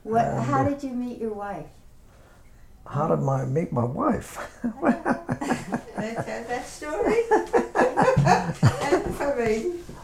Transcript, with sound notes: What, how did you meet your wife?
How did my – meet my wife? (he laughs)
They said that story?